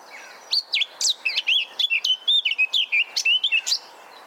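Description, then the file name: Eurasian blackcap song, a fast run of clear warbled and fluted notes sweeping between high and mid pitch, packed tightly over about three seconds. "Sylvia atricapilla"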